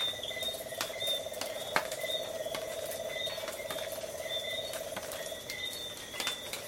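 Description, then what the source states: Tree frog trilling continuously in rapid pulses through most, with sharp taps and a background of high insect whines. Coastal night soundscape of tree frogs together with insects.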